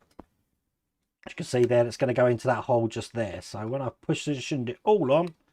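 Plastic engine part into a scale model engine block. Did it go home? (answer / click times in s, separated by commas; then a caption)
no / none. A small plastic engine part for a Ferrari 312 T4 F1 scale model is lined up with a locating lug and held over its hole in the model engine block, ready to be pushed in. A faint short tap sounds at about 0.2 s, then after a pause someone talks for the rest of the clip. Nothing has seated or clicked into place yet.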